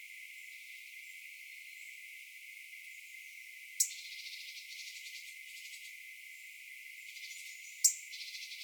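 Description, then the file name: European robin tick calls: two sharp, dry clicks about four seconds apart over a steady high hiss. "Erithacus rubecula"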